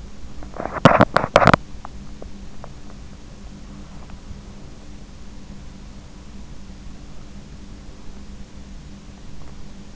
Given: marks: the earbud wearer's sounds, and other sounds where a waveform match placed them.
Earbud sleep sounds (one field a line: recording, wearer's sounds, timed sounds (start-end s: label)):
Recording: sounds in sleep by an in-ear microphone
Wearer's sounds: teeth grinding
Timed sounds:
0.00-3.08 s: teeth grinding